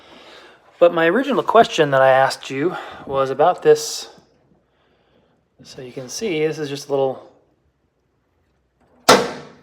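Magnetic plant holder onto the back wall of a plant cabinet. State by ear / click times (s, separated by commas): seated / 9.1 s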